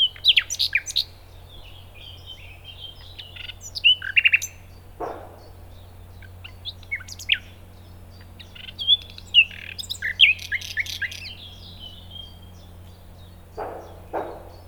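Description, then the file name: Common nightingale song in several bursts of varied sharp notes separated by quiet gaps, with a few dull knocks and a steady low hum beneath. "Luscinia megarhynchos"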